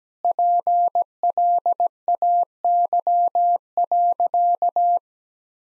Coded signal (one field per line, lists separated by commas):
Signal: Morse code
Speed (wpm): 17 wpm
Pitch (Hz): 700 Hz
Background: none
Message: PLAY.